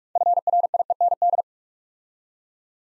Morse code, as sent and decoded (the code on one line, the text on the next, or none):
..-. .-. .. . -. -..
FRIEND